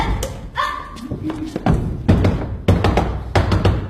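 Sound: knocking on a door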